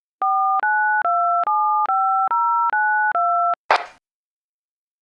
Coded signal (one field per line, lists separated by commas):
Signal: DTMF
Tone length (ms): 420 ms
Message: 49275092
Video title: EAS Scenario: 2:14 AM